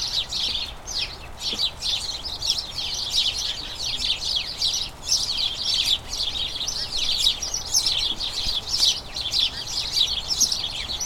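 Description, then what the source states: House sparrows chattering, many birds chirping together in a constant bubbling stream of short high notes. A colony of about a dozen house sparrows in a small front garden as crocuses bloom, chattering excitedly as the colony turns toward the breeding season.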